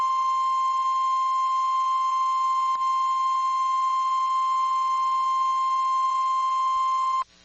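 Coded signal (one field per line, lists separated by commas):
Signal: Emergency Alert System (SAME) tones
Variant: 1050 Hz attention tone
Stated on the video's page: Compilation of real severe weather outbreak alerts from the National Weather Service.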